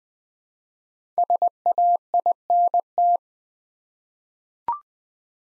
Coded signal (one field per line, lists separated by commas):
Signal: Morse code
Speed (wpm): 20 wpm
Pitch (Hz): 700 Hz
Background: none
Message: SAINT